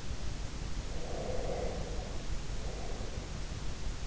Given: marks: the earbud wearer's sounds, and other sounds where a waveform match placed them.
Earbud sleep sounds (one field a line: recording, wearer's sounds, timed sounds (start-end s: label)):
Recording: sounds in sleep by an in-ear microphone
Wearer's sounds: breath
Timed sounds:
0.83-3.82 s: breath